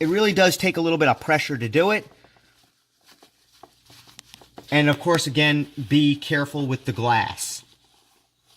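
Someone talks while pushing down on and turning the securing cap of a Zdatt V8 9007 HB5 LED headlight bulb in the headlight housing of a Hummer H2, producing a few faint handling ticks between about 3.6 and 4.6 seconds. The cap is not home yet, and nothing has seated or clicked.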